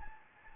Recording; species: mosquito wingbeat signal from an infrared sensor; Anopheles gambiae